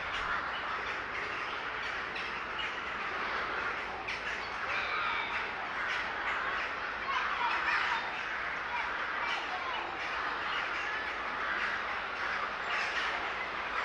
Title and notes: Ptaki W Parku Im. S. Staszica W Łodzi. Nagranie wykonane z parku im. S. Staszica w Łodzi. Zgromadzenie ptaków